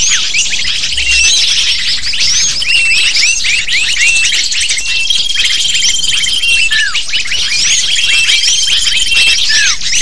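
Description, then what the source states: Lovebirds chattering as a flock, dense shrill chirps and squeaks overlapping nonstop, with a few longer thin whistled notes drawn out across the chorus. Lure call to attract lovebirds.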